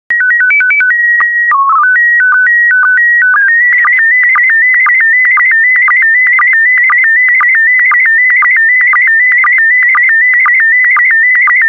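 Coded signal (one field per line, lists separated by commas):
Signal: SSTV (slow-scan television)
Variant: PD 120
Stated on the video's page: SSTV images sent in PD120 mode, recreated from stock photos with audio prompts.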